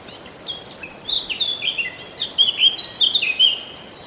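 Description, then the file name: Eurasian blackcap song: a few scattered high notes, then a sustained run of bright, fluty whistled phrases and slurred warbles for about two and a half seconds. "Sylvia atricapilla"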